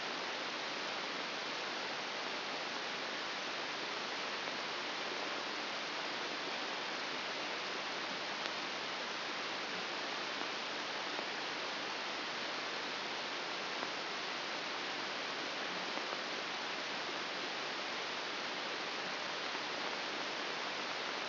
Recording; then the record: brain microelectrode recording played as sound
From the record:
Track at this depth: inside the subthalamic nucleus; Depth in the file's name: 5.801 mm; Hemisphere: right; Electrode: 3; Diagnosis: Parkinson's disease